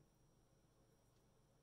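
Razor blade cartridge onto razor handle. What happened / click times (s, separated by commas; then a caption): The cartridge has not seated yet; no click is heard / none. A razor blade cartridge is handled at the razor handle's pivot as it is brought toward being pushed on. Only faint, steady low background noise is heard, with no distinct transient. Nothing has seated or clicked yet.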